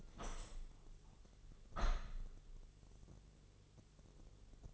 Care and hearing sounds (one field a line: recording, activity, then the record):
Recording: daily activity, microphone in the room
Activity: open window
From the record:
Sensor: 4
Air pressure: 1001.5 hPa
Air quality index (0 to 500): 172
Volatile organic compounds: 2 ppm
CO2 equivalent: 1232 ppm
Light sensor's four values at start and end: 12/28/11/12 and 12/28/11/12